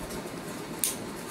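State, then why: Seated. During reassembly of a PT-638 PRO SA pistol, a spring-loaded stop is pushed into the metal frame so its spring takes position. A single sharp click at 0.8 s shows the stop has seated. Low background noise is heard throughout, and there is no talk.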